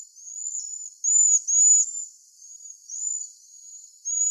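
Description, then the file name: Cedar waxwing giving thin, very high, sibilant whistles, a few louder drawn-out notes among softer ones. Recorded in Arizona. "CEDW deviche"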